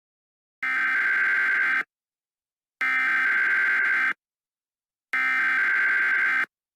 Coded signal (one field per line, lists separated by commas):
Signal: Emergency Alert System (SAME) tones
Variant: header bursts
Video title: Creatures of the blood moon (EAS and also your Halloween video)